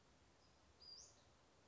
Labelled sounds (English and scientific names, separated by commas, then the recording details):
Western Flycatcher (Empidonax difficilis)
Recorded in Sonoma County, California